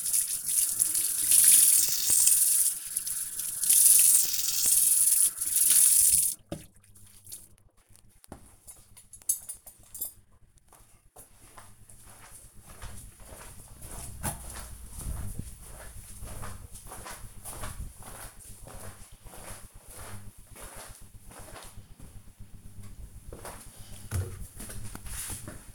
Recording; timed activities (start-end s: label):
household activities, microphone on the right wrist
0.00-7.12 s: washing dishes
22.23-25.75 s: window cleaning